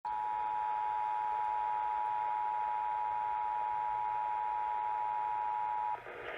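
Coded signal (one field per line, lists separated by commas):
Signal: Emergency Alert System (SAME) tones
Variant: 853 and 960 Hz attention tone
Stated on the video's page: Required Monthly Tests in Georgia, caught late in the day.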